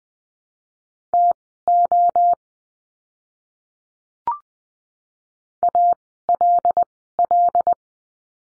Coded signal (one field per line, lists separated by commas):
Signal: Morse code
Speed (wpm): 20 wpm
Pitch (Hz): 700 Hz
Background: none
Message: TO ALL